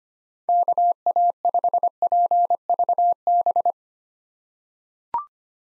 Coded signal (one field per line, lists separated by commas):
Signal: Morse code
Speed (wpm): 25 wpm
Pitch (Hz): 700 Hz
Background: none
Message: KA5PVB